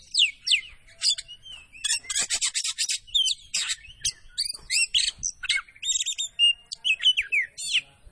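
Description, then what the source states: Oriental Magpie-robin in rich continuous song, mixing scratchy rasping bursts with clear whistles and quick chirps. Kacer poci variety, singing vigorously (gacor).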